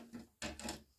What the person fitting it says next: Just like that. They snap in place